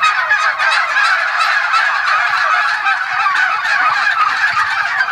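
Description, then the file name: Turkey gobbling: a dense, continuous rattling chatter with no breaks. Eastern Switzerland, 26 November 2020. "201126 Truthahn Ostschweiz"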